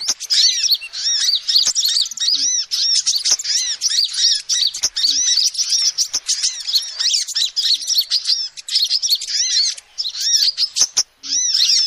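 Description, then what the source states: Lovebird calls: nonstop high-pitched twittering and squeaky arched notes over about twelve seconds, with scattered clicks. Lovebird calls used as a lure to trap birds.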